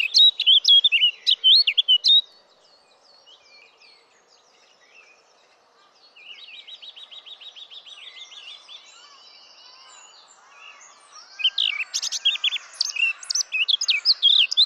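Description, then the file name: Eurasian blackcap gives a loud warbled phrase, falls quiet while a softer buzzy trill runs, then bursts into rich warbling again. "Sylvia atricapilla"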